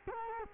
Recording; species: mosquito wingbeat signal from an infrared sensor; Culex quinquefasciatus